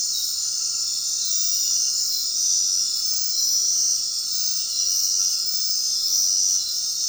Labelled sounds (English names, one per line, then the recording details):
none
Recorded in dense forest near Puerto Asís, Putumayo, Colombia, on 18 February 2024 at 21:30
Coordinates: 0.466, -76.327
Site G6413